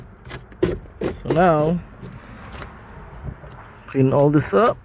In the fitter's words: push it in until it clicks into place. That's it.